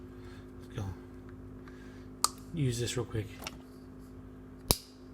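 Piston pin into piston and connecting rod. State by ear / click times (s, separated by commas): seated / 4.7 s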